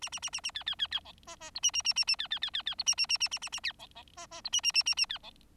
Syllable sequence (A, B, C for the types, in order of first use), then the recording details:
A A A A A B B B B C D D E A A A A A B B B B B E A A A A A A A B C C D D E A A A A A B C. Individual Bird4